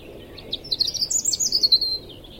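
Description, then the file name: European robin giving one thin, high warbling phrase of rapid twittering notes that rises and then falls away. "Erithacus rubecula"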